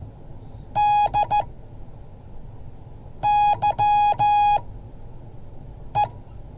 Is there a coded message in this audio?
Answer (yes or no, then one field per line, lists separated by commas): yes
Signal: Morse code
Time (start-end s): 0.8-6.1 s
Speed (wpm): 14 wpm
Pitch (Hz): 830 Hz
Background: none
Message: DYE